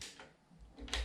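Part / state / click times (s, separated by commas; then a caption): brake cable noodle into V-brake arm link / seated / 0.9 s. A bicycle V-brake's cable noodle is hooked back into the V-brake arm link to re-engage the brake. A faint scrape at the start gives way to quiet handling noise, then a sharp metallic click at 0.9 s as the noodle seats in the link.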